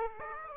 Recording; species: mosquito wingbeat signal from an infrared sensor; Aedes aegypti